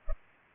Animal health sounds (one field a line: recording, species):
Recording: mosquito wingbeat signal from an infrared sensor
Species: Culex pipiens